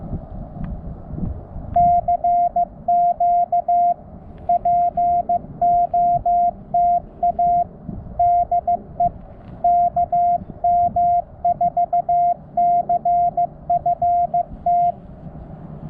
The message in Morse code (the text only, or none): CQ POTA DE KM4CFT